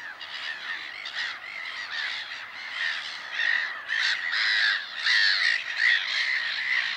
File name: mouette rieuse